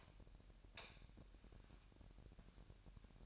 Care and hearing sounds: daily activity, microphone in the room; light off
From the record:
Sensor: 2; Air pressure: 1011.8 hPa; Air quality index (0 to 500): 209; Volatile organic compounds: 3 ppm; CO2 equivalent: 1475 ppm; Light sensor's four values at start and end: 14/35/15/15 and 10/23/10/10

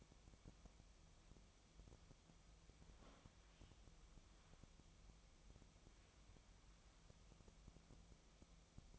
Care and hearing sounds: daily activity, microphone in the room; wipe stove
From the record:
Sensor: 1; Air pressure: 1004.8 hPa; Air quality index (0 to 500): 79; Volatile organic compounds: 2 ppm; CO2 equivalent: 1054 ppm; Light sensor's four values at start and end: 9/23/9/10 and 9/23/9/10

